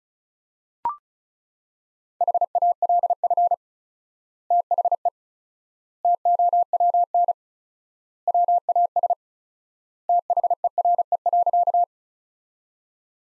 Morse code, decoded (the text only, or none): HALF THE TOWN WAS THERE.